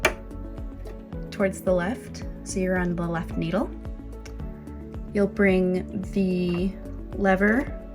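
Someone talks while handling the plastic needle threading lever on a serger, with music playing underneath and a few faint handling ticks. The lever is being brought down toward its place, but nothing has seated or clicked yet.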